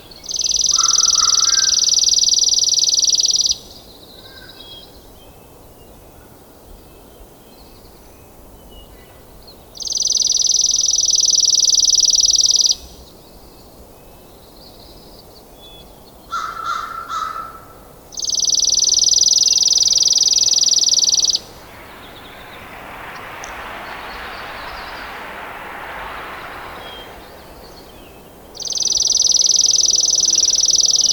Chipping Sparrow song recorded in Horseshoe Park in Rocky Mountain National Park.